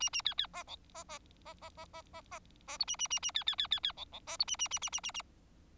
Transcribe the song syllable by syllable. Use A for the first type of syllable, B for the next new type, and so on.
A A B B C D C C C C C C C C C E A A A A B B B B B D D C E A A A A A A A